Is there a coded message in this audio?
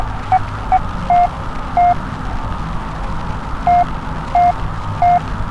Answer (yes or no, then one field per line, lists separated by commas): no